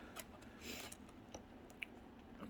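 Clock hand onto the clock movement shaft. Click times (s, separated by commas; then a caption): 1.8 s. A thin metal clock hand is pressed with two fingers onto the hand shaft of a clock mechanism until it pops into place. Faint handling taps and rustles lead up to a sharp, bright click at 1.8 s as the hand seats on the shaft.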